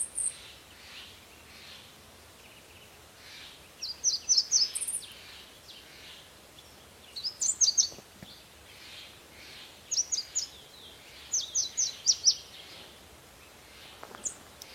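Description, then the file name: Red warbler in repeated brief bursts of very high, sharp twittering notes spaced a few seconds apart, with a faint hiss behind. "Canto do mariquita vermelha"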